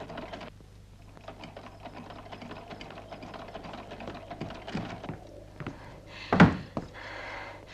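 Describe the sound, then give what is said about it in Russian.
A sewing machine stitches with a rapid, steady mechanical clatter over a low motor hum, then a single loud thump cuts in near the end. “Агата шьет на швейной машинке.”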